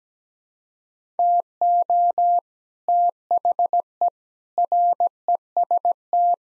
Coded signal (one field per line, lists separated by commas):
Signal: Morse code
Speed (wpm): 17 wpm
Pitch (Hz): 700 Hz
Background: none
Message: TO THE REST